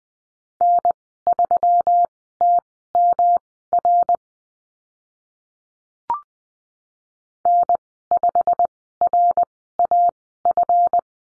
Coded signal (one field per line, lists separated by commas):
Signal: Morse code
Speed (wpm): 20 wpm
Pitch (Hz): 700 Hz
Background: none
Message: N3TMR N5RAF